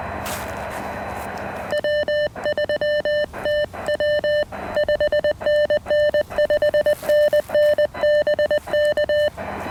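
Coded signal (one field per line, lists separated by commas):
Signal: Morse code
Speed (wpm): 20 wpm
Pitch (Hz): 600 Hz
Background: none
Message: W3TW 5NN 5NN BK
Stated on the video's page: QRP park activation on an Elecraft KX1 keyed with a TP-III paddle, using an end-fed random wire antenna and battery power, in 28° weather.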